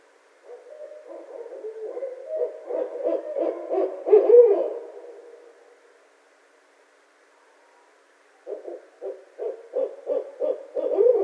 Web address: Barred Owl 2012 02 26 Barred Owl